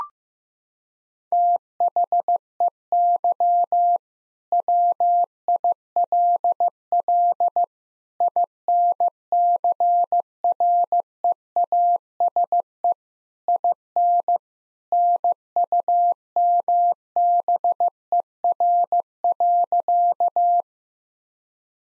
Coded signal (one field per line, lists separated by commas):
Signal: Morse code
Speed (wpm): 15 wpm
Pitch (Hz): 700 Hz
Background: none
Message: THEY WILL INCREASE IN NUMBER.